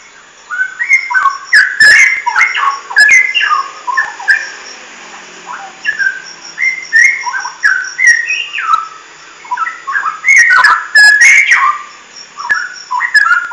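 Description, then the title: Oriental magpie-robin song: a continuous run of rich, varied whistles rising and falling, with occasional sharp clicks and a constant thin high hum. "Kicau Kacer"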